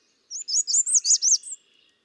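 American redstart song phrase: a quick run of about six high looping notes lasting just over a second, with a faint thin tone underneath.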